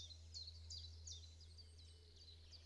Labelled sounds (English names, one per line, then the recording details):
Common Chiffchaff
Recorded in Germany
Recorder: ecoPi